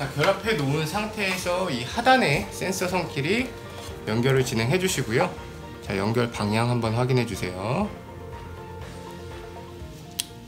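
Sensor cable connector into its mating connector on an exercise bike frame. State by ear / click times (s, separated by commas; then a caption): seated / 10.2 s. Someone talks over background music while a sensor cable connector is joined to its mating connector under the frame of an Ego-Gym Disney X-bike Mickey Edition folding exercise bike, after the connection direction is checked. A sharp click at 10.2 s marks the connector seating.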